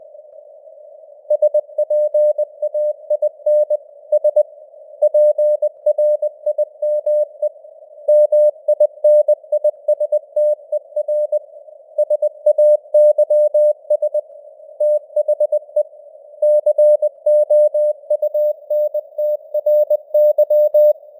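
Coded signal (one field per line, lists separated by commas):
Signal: Morse code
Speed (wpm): 20 wpm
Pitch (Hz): 600 Hz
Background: none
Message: SPAIN S PRIME MINISTER SAYS THE COUNTRY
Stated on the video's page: News headlines sent at 20 wpm with simulated radio noise and varying signal strength (QSB).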